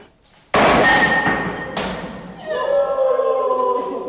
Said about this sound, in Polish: A ja przyszedłem akurat w trakcie wyjątkowo głośnych zajęć, które zaczęły się od demolki, czyli tłuczenia szklanek.